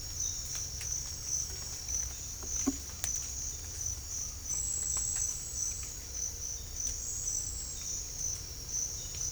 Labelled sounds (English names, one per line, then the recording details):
none
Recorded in secondary vegetation near Puerto Asís, Putumayo, Colombia, on 18 December 2024 at 07:00
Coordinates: 0.481, -76.318
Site G042